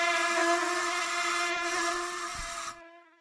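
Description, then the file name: Mosquito buzzing, a steady whine rich in overtones that holds level and then fades out near the end. "komary"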